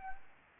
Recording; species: mosquito wingbeat signal from an infrared sensor; Anopheles gambiae